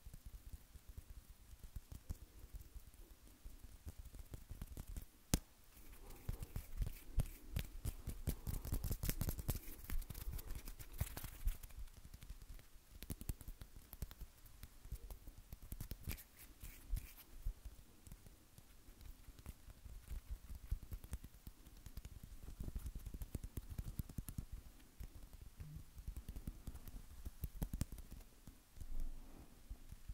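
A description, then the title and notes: Hands rub, tap and rustle continuously, producing a dense crackle of small dry clicks and scrapes. Sharper snaps stand out now and then, with a busier, louder stretch around nine to twelve seconds and a distinct crack near five seconds. Hand Sounds.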